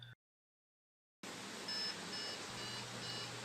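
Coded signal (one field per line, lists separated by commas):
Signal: beep code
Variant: Dell BIOS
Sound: loud fan hiss with a series of short, evenly spaced high beeps, about four heard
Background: computer fan noise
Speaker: you can see here 5 weeps and there is no display on the computer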